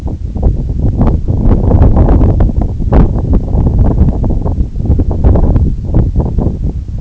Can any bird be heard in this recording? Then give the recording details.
no. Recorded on Arctic tundra, site NAIT-1, on 2 July 2019. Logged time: 02:00